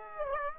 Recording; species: mosquito wingbeat signal from an infrared sensor; Aedes aegypti